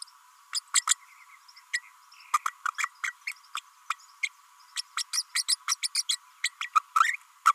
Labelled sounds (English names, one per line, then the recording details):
Green-rumped Parrotlet babbling
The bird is a female
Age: 32 days
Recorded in a nest box in Venezuela
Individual 17B32A5